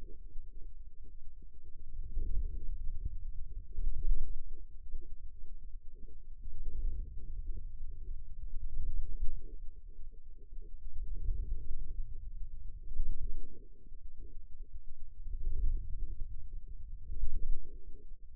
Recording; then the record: forearm muscle sounds (acoustic myography)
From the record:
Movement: wrist extension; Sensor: system 2, bracelet of six BSWA MPA416 microphones around the upper forearm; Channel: 2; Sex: male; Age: 22 years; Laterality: right